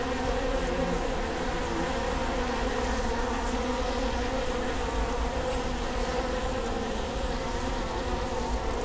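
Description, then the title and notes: Honey bees humming in a hive, a dense steady drone with layered low tones holding evenly throughout. Bee hive at Prinzessinnengarten II, Hermannstraße, Berlin, Germany; recorded with Sony PCM D50 and Primo EM172 microphone. "Prinzessinnengarten II, Hermannstraße, Berlin, Deutschland - bee hive. bee hive at Prinzessinnengarten (Sony PCM D50, Primo EM172)"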